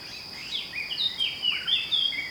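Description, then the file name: Eurasian blackcap song: a quick flowing warble of sliding, whistled notes over a steady high insect hum. "Sylvia atricapilla"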